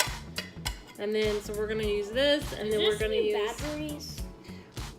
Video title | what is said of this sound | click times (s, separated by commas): the Tesseract | It just locks into place, | 0.4 s, 0.7 s